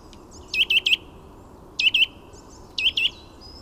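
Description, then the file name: Eurasian nuthatch giving clear, ringing whistled notes in quick bursts of two or three, repeated about every second, over faint background hiss. "Sitta europaea"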